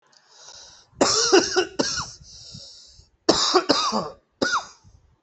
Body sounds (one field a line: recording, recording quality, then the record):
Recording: heavy voluntary cough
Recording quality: excellent, no background noise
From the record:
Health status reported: respiratory illness, not identified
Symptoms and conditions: none ticked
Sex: male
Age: 36 years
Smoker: yes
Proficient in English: yes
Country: India